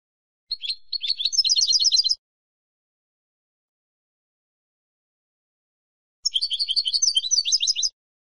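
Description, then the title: European goldfinch song: two bursts of bright, rapid tinkling twitters about four seconds apart; otherwise silent. "Jilguero"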